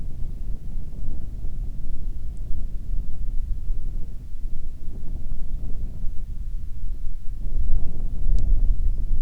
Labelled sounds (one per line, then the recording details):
songbird
wind
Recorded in the Arctic National Wildlife Refuge, Alaska, on 1 June 2019 at 16:04
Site 37